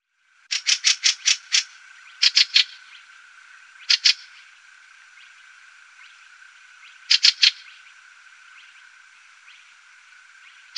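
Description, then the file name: Fieldfare giving harsh, rattling chack notes in quick clusters of two to six, separated by pauses of a second or more, with a faint steady hum behind. "Bjorktrast"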